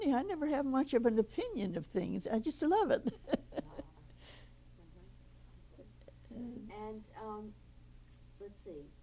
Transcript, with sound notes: I never have much of an opinion of things. I just love it. [laughs]
Uh-hmm. And let's see.